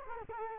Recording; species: mosquito wingbeat signal from an infrared sensor; Culex quinquefasciatus